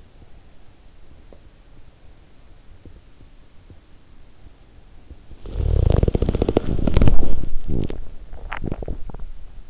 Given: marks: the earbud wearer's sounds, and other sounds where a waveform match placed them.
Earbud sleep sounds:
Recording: sounds in sleep by an in-ear microphone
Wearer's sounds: teeth grinding, body movement, snoring breath, swallowing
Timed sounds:
1.15-1.54 s: teeth grinding
2.63-4.04 s: teeth grinding
5.51-7.76 s: body movement
7.50-8.07 s: snoring breath
8.38-9.70 s: swallowing

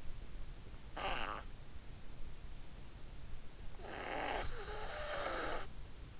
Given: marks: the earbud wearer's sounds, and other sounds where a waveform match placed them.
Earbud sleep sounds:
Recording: sounds in sleep by an in-ear microphone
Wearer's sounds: snoring breath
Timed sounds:
0.38-1.54 s: snoring breath
3.40-5.78 s: snoring breath

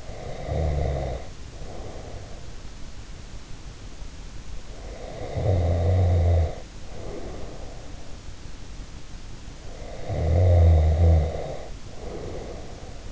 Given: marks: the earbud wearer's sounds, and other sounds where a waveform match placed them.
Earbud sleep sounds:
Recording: sounds in sleep by an in-ear microphone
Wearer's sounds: snoring breath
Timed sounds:
0.00-2.47 s: snoring breath
4.74-8.18 s: snoring breath
9.61-13.12 s: snoring breath

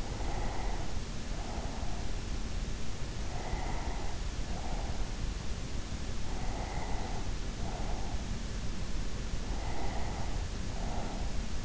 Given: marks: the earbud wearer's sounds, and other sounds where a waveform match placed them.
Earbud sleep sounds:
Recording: sounds in sleep by an in-ear microphone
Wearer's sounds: breath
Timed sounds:
0.00-2.31 s: breath
3.22-5.39 s: breath
6.11-8.51 s: breath
9.48-11.65 s: breath

